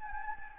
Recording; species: mosquito wingbeat signal from an infrared sensor; Anopheles gambiae